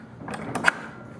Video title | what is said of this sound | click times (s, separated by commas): 54" Bullard VTL Guard with operator mandoor. | locks into place | 0.6 s, 0.7 s